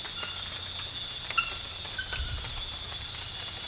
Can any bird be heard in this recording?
no